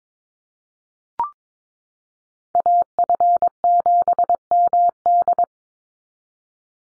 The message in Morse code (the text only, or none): AF7MD